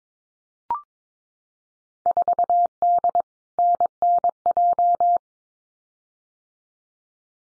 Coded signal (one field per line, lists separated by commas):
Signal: Morse code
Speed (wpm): 22 wpm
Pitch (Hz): 700 Hz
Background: none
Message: 4D NNJ